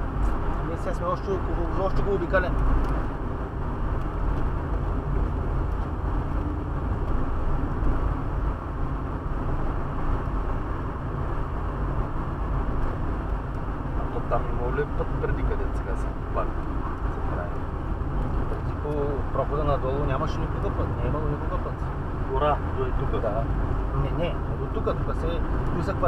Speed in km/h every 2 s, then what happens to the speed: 79, 80, 79, 77, 78, 77, 78, 78, 78, 77, 78, 79, 78.
0-26 steady at about 78.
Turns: none.